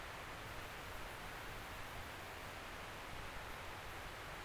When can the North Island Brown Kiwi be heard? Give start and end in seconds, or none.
none